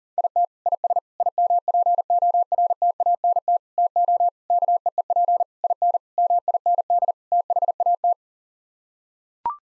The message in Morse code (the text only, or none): IT IS IMPORTANT TO KEEP IN MIND THAT